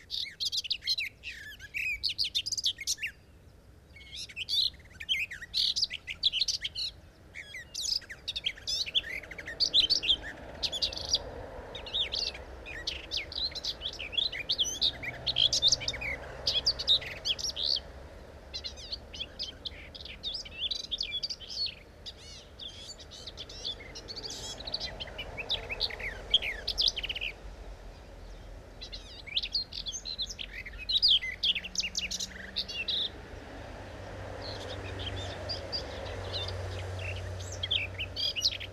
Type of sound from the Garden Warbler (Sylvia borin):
song